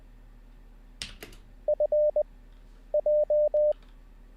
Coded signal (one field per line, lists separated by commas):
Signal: Morse code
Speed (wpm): 20 wpm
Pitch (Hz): 600 Hz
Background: none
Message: F J